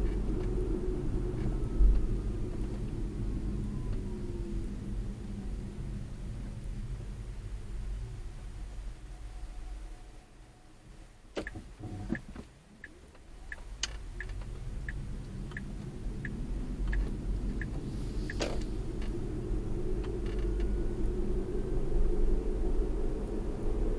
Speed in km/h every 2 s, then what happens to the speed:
32, 26, 16, 10, 0, 0, 0, 18, 26, 34, 42, 48.
0-8 brakes to 0. 8-13 standing. 13-24 pulls away to 48.